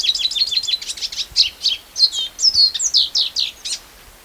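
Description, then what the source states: Lesser Goldfinch song, a rapid run of high chattering notes and slurred whistles, some falling, delivered continuously for about four seconds. Song example containing call notes.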